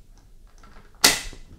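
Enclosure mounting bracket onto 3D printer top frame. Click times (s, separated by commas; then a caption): 1.1 s. The mounting bracket of the top air-filter enclosure for an Ultimaker S5 Pro Bundle 3D printer is pressed down onto the top of the printer, with a few faint taps and rustles beforehand. A single sharp, bright snap at 1.1 s marks the bracket clicking into place without tools, followed by a short ringing decay, so the bracket is seated.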